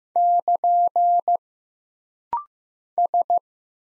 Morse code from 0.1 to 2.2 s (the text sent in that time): <KN>